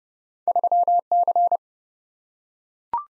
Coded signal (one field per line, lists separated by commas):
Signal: Morse code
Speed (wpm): 25 wpm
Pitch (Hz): 700 Hz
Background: none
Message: 3C